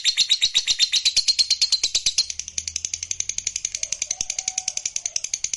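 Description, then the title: Lovebird singing a rapid, pulsed high twitter that grows quieter after two seconds; a faint low whistled tone appears late. Lovebird singing with spontaneous excitement, meant to rouse a lazy, quiet lovebird into song. "LOVEBIRD Malas Bunyi JADI GREGET SPONTAN Langsung NARIK"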